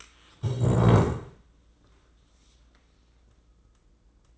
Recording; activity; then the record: daily activity, microphone in the room; stand up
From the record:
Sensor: 3